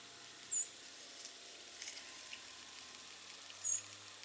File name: Harris's Sparrow - Zonotrichia querula